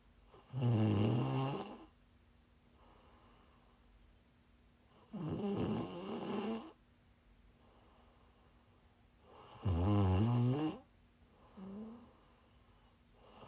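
Three loud, low, fluttering snores on inhalation, about 13 breaths a minute, with quieter exhalations between: ordinary sleep snoring from an adult woman.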